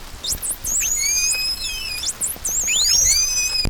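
Whale whistles: many overlapping high, squealing whistles that rise and fall and loop in pitch, mixed with clicking pulses over a steady hiss.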